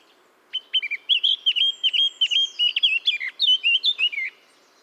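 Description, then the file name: Eurasian blackcap song: after a brief silence, a string of clear, evenly pitched fluty notes that turns into a varied warble. "Sylvia atricapilla"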